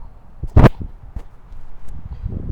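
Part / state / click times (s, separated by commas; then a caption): folding blade into its handle lock / seated / 0.6 s, 0.7 s. A folding saw's blade is swung out of its handle after the back release switch is pressed, and it locks into the open position. Two sharp, loud clicks at 0.6 and 0.7 seconds mark the blade seating into its lock, with fainter ticks and handling noise around them.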